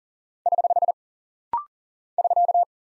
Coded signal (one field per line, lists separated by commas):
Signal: Morse code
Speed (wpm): 38 wpm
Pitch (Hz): 700 Hz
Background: none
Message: <HH> <SK>